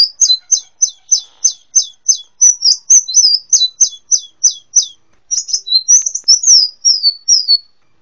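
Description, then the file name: Brown-throated sunbird singing a quick run of high, evenly spaced descending notes, then a jumbled twittering phrase of slurred chips and whistles. "kolibri muncang. omkicau"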